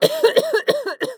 Female cough.